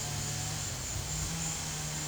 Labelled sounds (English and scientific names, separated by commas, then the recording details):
none
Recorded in secondary vegetation near Puerto Asís, Putumayo, Colombia, on 18 December 2024 at 13:00
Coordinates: 0.489, -76.322
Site G059